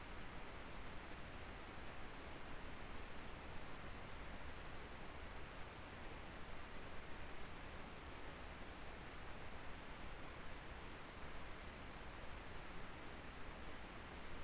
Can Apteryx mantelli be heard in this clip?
no